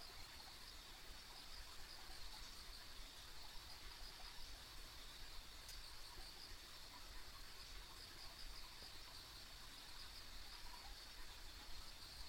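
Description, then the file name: Insect chorus of rapid high chirps in short repeated bursts over a continuous shrill drone, with low rumbling background noise and one sharp click. Ambient insect sounds recorded along a rural country road. "田舎道の虫の環境音"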